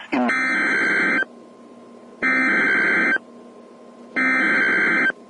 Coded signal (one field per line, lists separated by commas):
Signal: Emergency Alert System (SAME) tones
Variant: header bursts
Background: speech